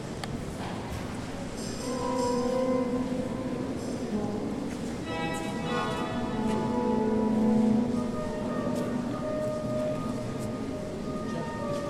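Organ notes sustain and overlap through a steady murmur of voices and footsteps in Notre Dame in Paris. Held tones shift in pitch, with a brighter cluster of chords swelling from about five to eight seconds before easing back under the crowd's hum.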